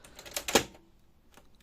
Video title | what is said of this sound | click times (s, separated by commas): HOW TO REPLACE THE TONER CARTRIDGE AND THE DRUM UNIT ON LASERJET PRO MFP M130 | uh until you hear this click. | 0.6 s